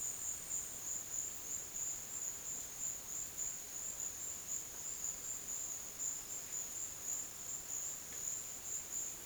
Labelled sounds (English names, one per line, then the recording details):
none
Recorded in dense forest near Puerto Asís, Putumayo, Colombia, on 24 June 2025 at 11:00
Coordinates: 0.484, -76.325
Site H65